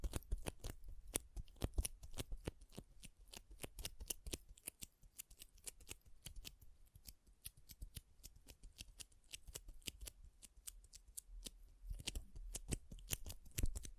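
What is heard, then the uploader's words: Pom poms are squished and rubbed, making a dense run of crisp, crackling ticks and snaps that fire irregularly throughout. The rustling thins briefly around the middle and near eleven seconds, then picks up again toward the end, with a soft low rumble underneath. ASMR Ultimate Pom Pom Tingles (No Talking).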